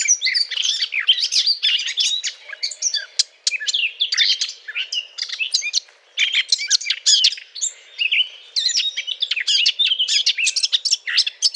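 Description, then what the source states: Eurasian blackcap delivering a loud, almost unbroken scratchy warble of rapid mixed notes, with only brief gaps between tumbling phrases. Courtship song; 20 April 2009.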